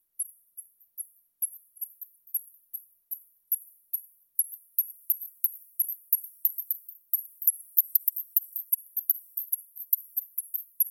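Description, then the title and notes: Bats calling in a rapid series of very high, short pulses that grow faster and denser throughout, with faint clicks between them in the second half. Several bats flying through rice fields at 9 pm in spring, Golden Week 2020, in a farming village in the Kyushu countryside, Japan. "Field Recordings from Japan This is a recording of bats flying through rice fields during spring (Golden Week 2020) at 9 pm in a farming village of countryside Kyushu."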